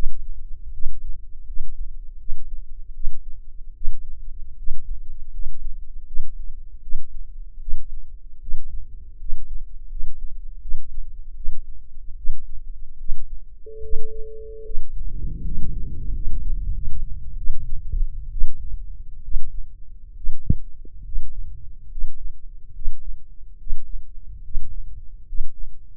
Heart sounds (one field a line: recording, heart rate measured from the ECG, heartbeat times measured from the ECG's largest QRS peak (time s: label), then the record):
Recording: heart sounds by microphone in the left ear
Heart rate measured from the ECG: 76 bpm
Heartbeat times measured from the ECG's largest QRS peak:
0.71 s: heartbeat
1.45 s: heartbeat
2.18 s: heartbeat
2.93 s: heartbeat
3.73 s: heartbeat
4.56 s: heartbeat
5.31 s: heartbeat
6.05 s: heartbeat
6.81 s: heartbeat
7.59 s: heartbeat
8.40 s: heartbeat
9.18 s: heartbeat
9.88 s: heartbeat
10.60 s: heartbeat
11.34 s: heartbeat
12.15 s: heartbeat
12.97 s: heartbeat
13.81 s: heartbeat
14.63 s: heartbeat
15.42 s: heartbeat
16.11 s: heartbeat
16.72 s: heartbeat
17.35 s: heartbeat
18.30 s: heartbeat
19.22 s: heartbeat
20.14 s: heartbeat
21.02 s: heartbeat
21.88 s: heartbeat
22.72 s: heartbeat
23.57 s: heartbeat
24.41 s: heartbeat
25.24 s: heartbeat
From the record:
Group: healthy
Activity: rest 0-13 s, Valsalva maneuver 13-26 s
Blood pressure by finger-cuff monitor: 139/81 mmHg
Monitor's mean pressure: 99 mmHg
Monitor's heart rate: 73 bpm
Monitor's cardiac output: 6.8 L/min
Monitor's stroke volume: 90 mL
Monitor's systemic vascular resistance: 1090 dyn s/cm5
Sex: male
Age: 21 years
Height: 180 cm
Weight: 67.5 kg